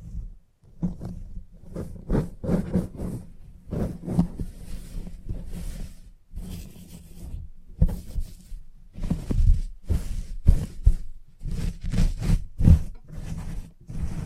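Salon haircut sounds with a steady low clipper-like hum beneath irregular rustling bursts and sharp snips, coming in quick clusters throughout.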